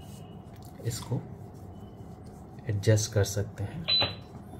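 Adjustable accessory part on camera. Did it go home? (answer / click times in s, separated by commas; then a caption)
no / none. An adjustable accessory part on a Canon EOS R8 full-frame camera is handled and adjusted to length while someone talks, with brief handling noises around 0.9–1.1 s and 2.9–3.4 s and a short high tone near 3.9 s. The part is not yet home, and nothing has seated or clicked yet.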